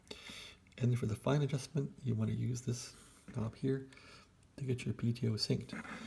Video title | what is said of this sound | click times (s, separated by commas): Drake T4XC PTO quick ( haha ) teardown and assembly instructional video December 6, 2021 | and then make sure it clicks in like that | 0.1 s